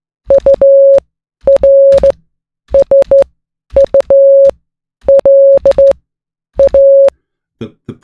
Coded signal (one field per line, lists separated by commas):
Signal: Morse code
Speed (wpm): 16 wpm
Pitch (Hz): 550 Hz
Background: none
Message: URSULA